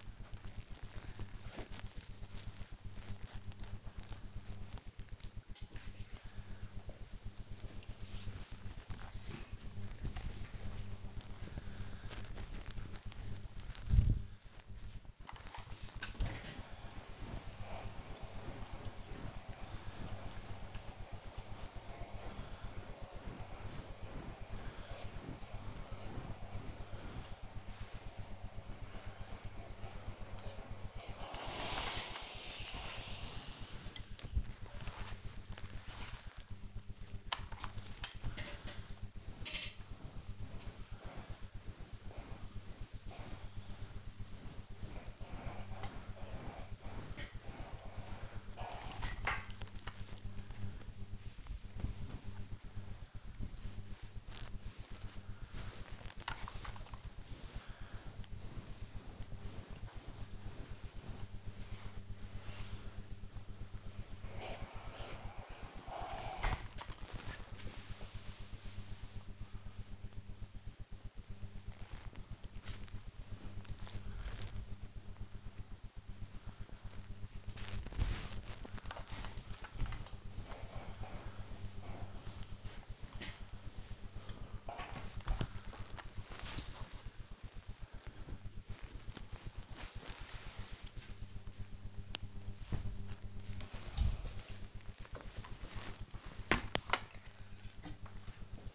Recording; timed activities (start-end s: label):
household activities, microphone on the right wrist
15.63-93.29 s: ironing laundry